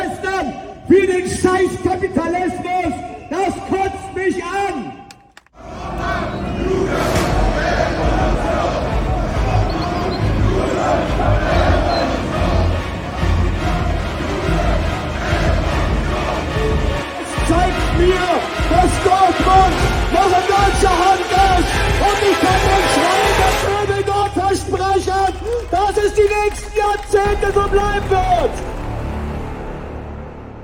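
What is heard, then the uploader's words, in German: A demonstration of about 300 people, with a crowd chanting and calling out in a dense, steady wall of voices. A sung or chanted tone repeats in the first five seconds, then drops away briefly before the shouting resumes, loud and continuous, until near the end. Eine Demonstration mit ca. 300 Teilnehmern.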